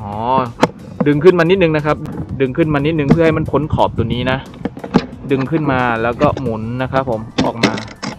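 Someone talks while pulling the folding handle of a Quechua MH500 camping cook pot up slightly and rotating it out toward its lock. Two short sharp sounds occur near the end at 7.9 and 8.0 seconds, but the handle has not yet seated or clicked into its lock.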